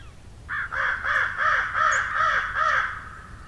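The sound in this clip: Crow giving several rough, grating caws in quick succession, each a short hoarse burst.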